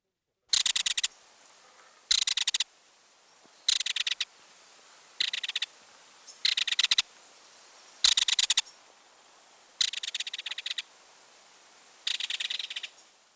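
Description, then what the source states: Belted Kingfisher giving harsh, dry rattles, each about half a second to a second long, repeated roughly every one and a half to two seconds, over a faint steady hiss. Distinctly non-musical, raucous rattle, frequently repeated as it flies over its favorite fishing grounds.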